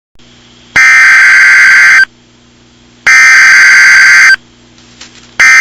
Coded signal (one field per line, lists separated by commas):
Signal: Emergency Alert System (SAME) tones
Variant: header bursts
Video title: EAS Mock Blizzard Scenario